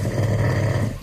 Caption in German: Als sie mal wieder wach im Bett lagen und sie den Schnarcher neben sich einfach mal aufgenommen haben. Klassiker.